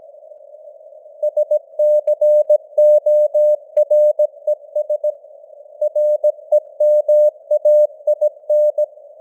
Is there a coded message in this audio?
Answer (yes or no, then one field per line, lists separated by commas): yes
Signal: Morse code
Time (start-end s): 1.2-8.8 s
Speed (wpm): 17 wpm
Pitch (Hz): 600 Hz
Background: none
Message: SCORES REMAIN